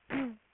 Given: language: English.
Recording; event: throat vibration sensor signal played as sound; throat clearing